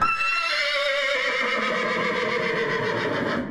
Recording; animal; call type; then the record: contact call of a hoofed animal; horse; whinny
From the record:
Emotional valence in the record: negative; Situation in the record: separation from one group member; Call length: 3.5 s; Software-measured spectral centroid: 2270 Hz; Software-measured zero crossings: 3280 a second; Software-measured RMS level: -24 dBFS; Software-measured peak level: -10 dBFS